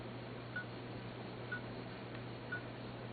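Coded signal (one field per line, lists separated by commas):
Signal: none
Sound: a timer's countdown beeps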